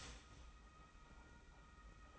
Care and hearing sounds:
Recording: daily activity, microphone in the room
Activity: start toaster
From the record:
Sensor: 1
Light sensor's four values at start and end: 32/107/41/42 and 32/107/41/42

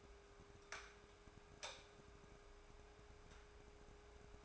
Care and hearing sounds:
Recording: daily activity, microphone in the room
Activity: light on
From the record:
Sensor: 2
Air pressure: 1010.1 hPa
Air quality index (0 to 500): 160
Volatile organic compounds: 7 ppm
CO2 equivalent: 2008 ppm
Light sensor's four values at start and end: 41/98/44/49 and 45/112/49/55

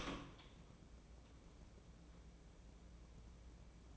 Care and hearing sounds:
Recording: daily activity, microphone in the room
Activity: open door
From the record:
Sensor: 1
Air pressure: 1012.4 hPa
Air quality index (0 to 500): 164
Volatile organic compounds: 3 ppm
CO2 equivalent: 1348 ppm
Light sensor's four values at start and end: 845/1836/857/982 and 842/1827/854/979

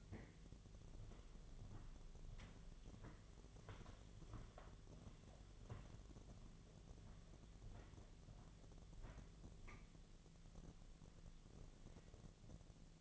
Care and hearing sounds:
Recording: daily activity, microphone in the room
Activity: walk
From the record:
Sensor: 4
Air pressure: 1009.1 hPa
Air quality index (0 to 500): 168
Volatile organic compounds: 4 ppm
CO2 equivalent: 1692 ppm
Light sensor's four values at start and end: 25/77/29/28 and 25/77/29/28

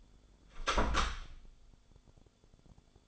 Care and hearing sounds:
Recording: daily activity, microphone in the room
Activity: close door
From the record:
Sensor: 5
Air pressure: 1015.3 hPa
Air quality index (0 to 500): 208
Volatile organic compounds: 10 ppm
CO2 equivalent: 2260 ppm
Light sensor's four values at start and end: 36/81/33/32 and 36/81/33/32

